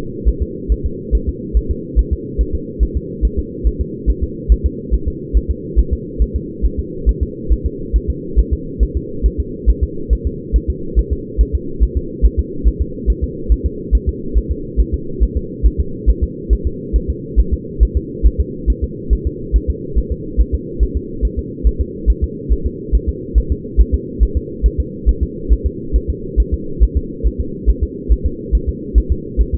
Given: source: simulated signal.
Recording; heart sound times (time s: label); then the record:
fetal heart sounds
0.28 s: S1
0.42 s: S2
0.72 s: S1
0.86 s: S2
1.15 s: S1
1.29 s: S2
1.57 s: S1
1.71 s: S2
1.99 s: S1
2.13 s: S2
2.41 s: S1
2.55 s: S2
2.83 s: S1
2.97 s: S2
3.25 s: S1
3.39 s: S2
3.67 s: S1
3.81 s: S2
4.10 s: S1
4.24 s: S2
4.52 s: S1
4.66 s: S2
4.94 s: S1
5.08 s: S2
5.37 s: S1
5.51 s: S2
5.79 s: S1
5.93 s: S2
6.22 s: S1
6.36 s: S2
6.66 s: S1
6.79 s: S2
7.09 s: S1
7.23 s: S2
7.52 s: S1
7.66 s: S2
7.96 s: S1
8.10 s: S2
8.39 s: S1
8.53 s: S2
8.83 s: S1
8.97 s: S2
9.26 s: S1
9.40 s: S2
9.70 s: S1
9.83 s: S2
10.13 s: S1
10.27 s: S2
10.56 s: S1
10.70 s: S2
10.99 s: S1
11.13 s: S2
11.41 s: S1
11.55 s: S2
11.83 s: S1
11.97 s: S2
12.25 s: S1
12.39 s: S2
12.68 s: S1
12.81 s: S2
13.10 s: S1
13.24 s: S2
13.52 s: S1
13.66 s: S2
13.95 s: S1
14.09 s: S2
14.38 s: S1
14.52 s: S2
14.80 s: S1
14.94 s: S2
15.23 s: S1
15.37 s: S2
15.66 s: S1
15.80 s: S2
16.10 s: S1
16.23 s: S2
16.53 s: S1
16.67 s: S2
16.96 s: S1
17.10 s: S2
17.40 s: S1
17.53 s: S2
17.83 s: S1
17.97 s: S2
18.27 s: S1
18.40 s: S2
18.70 s: S1
18.84 s: S2
19.13 s: S1
19.27 s: S2
19.56 s: S1
19.70 s: S2
19.98 s: S1
20.12 s: S2
20.41 s: S1
20.55 s: S2
20.83 s: S1
20.97 s: S2
21.25 s: S1
21.39 s: S2
21.67 s: S1
21.81 s: S2
22.10 s: S1
22.24 s: S2
22.52 s: S1
22.66 s: S2
22.95 s: S1
23.09 s: S2
23.38 s: S1
23.52 s: S2
23.80 s: S1
23.94 s: S2
24.23 s: S1
24.37 s: S2
24.66 s: S1
24.80 s: S2
25.09 s: S1
25.23 s: S2
25.53 s: S1
25.66 s: S2
25.96 s: S1
26.10 s: S2
26.40 s: S1
26.54 s: S2
26.83 s: S1
26.97 s: S2
27.27 s: S1
27.41 s: S2
27.69 s: S1
27.83 s: S2
28.12 s: S1
28.26 s: S2
28.55 s: S1
28.69 s: S2
28.98 s: S1
29.12 s: S2
29.41 s: S1
29.55 s: S2
From the record:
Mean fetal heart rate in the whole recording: 140 bpm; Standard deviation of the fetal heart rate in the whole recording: 2 bpm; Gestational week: 34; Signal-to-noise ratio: -4.3 dB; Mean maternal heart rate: 72 bpm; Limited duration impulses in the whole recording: present